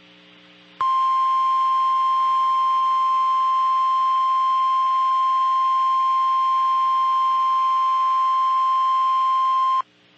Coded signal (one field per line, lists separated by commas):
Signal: Emergency Alert System (SAME) tones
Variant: 1050 Hz attention tone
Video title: Intellistar 1 SD & WXScan with Emergency Alert System - Dallas/Fort Worth, TX (3/2/23)